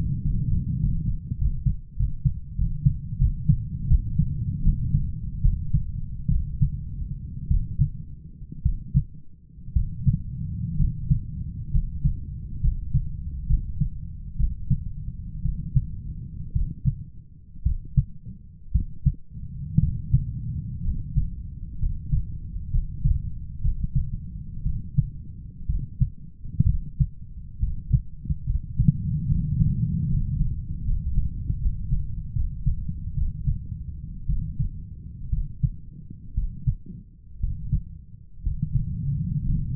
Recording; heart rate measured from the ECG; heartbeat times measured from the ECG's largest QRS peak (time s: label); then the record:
heart sounds by stethoscope; 66 bpm
0.21 s: heartbeat
0.80 s: heartbeat
1.38 s: heartbeat
1.96 s: heartbeat
2.56 s: heartbeat
3.18 s: heartbeat
3.87 s: heartbeat
4.62 s: heartbeat
5.41 s: heartbeat
6.28 s: heartbeat
7.48 s: heartbeat
8.63 s: heartbeat
9.73 s: heartbeat
10.77 s: heartbeat
11.71 s: heartbeat
12.60 s: heartbeat
13.47 s: heartbeat
14.36 s: heartbeat
15.42 s: heartbeat
16.53 s: heartbeat
17.63 s: heartbeat
18.72 s: heartbeat
19.80 s: heartbeat
20.83 s: heartbeat
21.79 s: heartbeat
22.70 s: heartbeat
23.61 s: heartbeat
24.63 s: heartbeat
25.67 s: heartbeat
26.66 s: heartbeat
27.60 s: heartbeat
28.46 s: heartbeat
29.28 s: heartbeat
30.08 s: heartbeat
30.84 s: heartbeat
31.58 s: heartbeat
32.33 s: heartbeat
33.14 s: heartbeat
34.26 s: heartbeat
35.30 s: heartbeat
36.34 s: heartbeat
37.40 s: heartbeat
38.43 s: heartbeat
39.45 s: heartbeat
From the record:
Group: healthy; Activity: rest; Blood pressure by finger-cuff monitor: 131/76 mmHg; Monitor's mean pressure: 91 mmHg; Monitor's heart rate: 63 bpm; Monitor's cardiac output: 7.4 L/min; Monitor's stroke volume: 116 mL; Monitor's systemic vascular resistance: 930 dyn s/cm5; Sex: male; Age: 23 years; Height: 178 cm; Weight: 96.6 kg